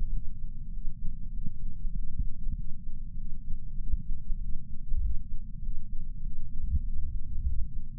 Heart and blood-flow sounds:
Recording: heart sounds by patch sensor on the chest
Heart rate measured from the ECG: 98 bpm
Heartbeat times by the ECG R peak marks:
0.70 s: heartbeat
1.31 s: heartbeat
1.93 s: heartbeat
2.54 s: heartbeat
3.15 s: heartbeat
3.76 s: heartbeat
4.38 s: heartbeat
4.99 s: heartbeat
5.60 s: heartbeat
6.21 s: heartbeat
6.82 s: heartbeat
7.43 s: heartbeat
From the record:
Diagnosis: coronary artery disease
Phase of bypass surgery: preoperative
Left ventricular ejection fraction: 66.8%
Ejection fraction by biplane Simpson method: 67.5%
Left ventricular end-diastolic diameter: 41 mm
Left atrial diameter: 29 mm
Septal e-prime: 9.5 cm/s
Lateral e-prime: 10.6 cm/s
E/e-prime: 8.7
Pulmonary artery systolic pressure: 27 mmHg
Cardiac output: 4.8 L/min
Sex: female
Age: 77 years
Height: 168 cm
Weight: 49 kg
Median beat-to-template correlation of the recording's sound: 0.81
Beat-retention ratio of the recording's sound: 0.99

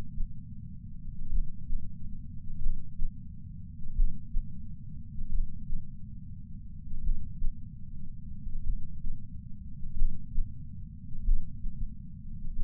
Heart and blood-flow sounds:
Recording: heart sounds by patch sensor on the chest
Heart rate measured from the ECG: 43 bpm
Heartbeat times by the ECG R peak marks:
1.29 s: heartbeat
2.58 s: heartbeat
3.93 s: heartbeat
5.29 s: heartbeat
7.01 s: heartbeat
8.63 s: heartbeat
9.94 s: heartbeat
11.22 s: heartbeat
12.56 s: heartbeat
From the record:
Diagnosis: coronary artery disease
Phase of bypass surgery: preoperative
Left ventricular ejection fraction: 64.4%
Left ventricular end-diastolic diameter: 51 mm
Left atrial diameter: 41 mm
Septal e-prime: 7.3 cm/s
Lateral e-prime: 10.3 cm/s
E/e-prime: 10.1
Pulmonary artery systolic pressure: 25 mmHg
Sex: male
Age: 59 years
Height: 168 cm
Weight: 81 kg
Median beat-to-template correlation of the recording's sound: 0.86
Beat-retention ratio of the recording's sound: 0.96

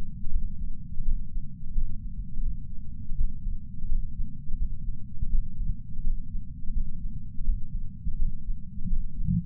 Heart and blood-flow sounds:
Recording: heart sounds by patch sensor on the chest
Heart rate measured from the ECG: 84 bpm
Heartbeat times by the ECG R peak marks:
0.31 s: heartbeat
1.03 s: heartbeat
1.73 s: heartbeat
2.43 s: heartbeat
3.15 s: heartbeat
3.87 s: heartbeat
4.57 s: heartbeat
5.29 s: heartbeat
6.02 s: heartbeat
6.72 s: heartbeat
7.44 s: heartbeat
8.17 s: heartbeat
8.88 s: heartbeat
From the record:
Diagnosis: coronary artery disease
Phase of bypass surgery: postoperative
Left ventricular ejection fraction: 60.9%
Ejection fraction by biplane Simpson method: 59.5%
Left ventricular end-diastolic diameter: 49 mm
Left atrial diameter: 39 mm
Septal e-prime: 6.3 cm/s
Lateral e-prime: 6.7 cm/s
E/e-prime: 11.5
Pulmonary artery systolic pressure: 33 mmHg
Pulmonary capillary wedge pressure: 2 mmHg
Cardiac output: 6.3 L/min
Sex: male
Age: 71 years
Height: 162 cm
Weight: 75 kg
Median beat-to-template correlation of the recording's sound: 0.79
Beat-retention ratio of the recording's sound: 1.00

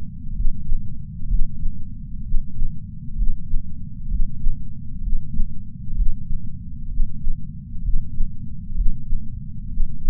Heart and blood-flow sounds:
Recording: heart sounds by patch sensor on the chest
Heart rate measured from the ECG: 64 bpm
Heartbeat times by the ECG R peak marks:
0.32 s: heartbeat
1.27 s: heartbeat
2.22 s: heartbeat
3.15 s: heartbeat
4.07 s: heartbeat
5.00 s: heartbeat
5.94 s: heartbeat
6.88 s: heartbeat
7.81 s: heartbeat
8.74 s: heartbeat
9.68 s: heartbeat
From the record:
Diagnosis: coronary artery disease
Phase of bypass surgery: preoperative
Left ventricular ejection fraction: 49.5%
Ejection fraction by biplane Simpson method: 47.8%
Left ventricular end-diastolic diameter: 60 mm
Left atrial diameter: 43 mm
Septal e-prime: 5 cm/s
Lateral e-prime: 6.6 cm/s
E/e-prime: 10.3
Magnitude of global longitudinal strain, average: 15.5%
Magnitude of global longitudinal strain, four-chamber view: 15.2%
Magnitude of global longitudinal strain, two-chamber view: 16.5%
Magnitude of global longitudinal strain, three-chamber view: 14.7%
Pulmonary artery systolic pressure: 27 mmHg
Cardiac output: 5.6 L/min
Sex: male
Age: 57 years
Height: 175 cm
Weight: 71 kg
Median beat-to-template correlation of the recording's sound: 0.89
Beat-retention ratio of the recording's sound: 0.99

